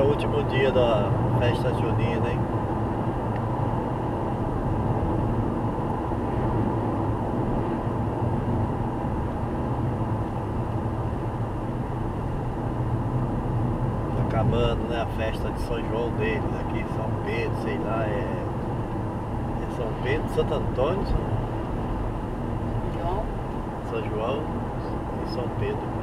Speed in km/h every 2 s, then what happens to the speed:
100, 97, 94, 92, 91, 90, 89, 90, 90, 90, 92, 93, 95.
0-11 slows to 89. 11-26 steady at about 90.